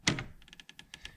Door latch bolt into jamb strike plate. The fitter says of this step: Okay, so when you close it nice and slowly, you should only hear one click.